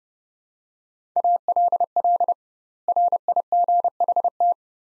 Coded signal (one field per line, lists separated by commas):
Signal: Morse code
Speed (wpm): 29 wpm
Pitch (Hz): 700 Hz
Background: none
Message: ALL RIGHT